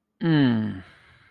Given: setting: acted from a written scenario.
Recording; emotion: vocal sound without words; contentment